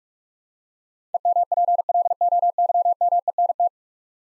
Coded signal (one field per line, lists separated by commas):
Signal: Morse code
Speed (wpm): 45 wpm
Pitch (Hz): 700 Hz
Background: none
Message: EMPLOYMENT